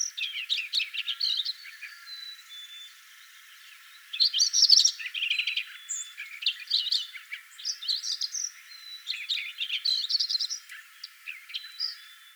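Lincoln's sparrow song: bubbly, rapid jumbled phrases of high chirps and trills, repeated several times with short pauses.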